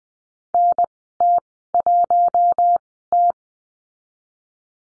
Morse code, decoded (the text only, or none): NT1T